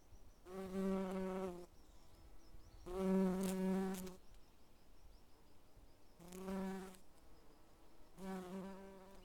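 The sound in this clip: Bees buzzing in four rich droning bursts of about one to two seconds each, separated by quieter gaps.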